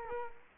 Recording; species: mosquito wingbeat signal from an infrared sensor; Culex quinquefasciatus